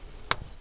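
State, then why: Seated. A power connector is pushed onto the cylinder 1 diesel glow plug of an Opel / Vauxhall 1.6 CDTI engine, out of view. A single sharp, bright click sounds at 0.3 s against a quiet background. The connector is seated and clicks on.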